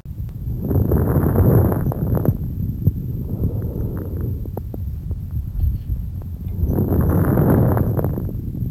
Crackles high pitched (Rales).